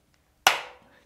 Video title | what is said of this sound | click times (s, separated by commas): Tiger 800 - Shim adjustment | push that in it'll pop | 0.5 s